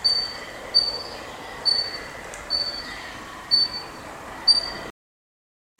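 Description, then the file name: Sakhalin leaf warbler song: thin, very high piping notes repeated roughly once a second, steady in pitch, over a soft background hiss before falling silent. Recorded on 3 May 2017. "20170503 ezomushikui"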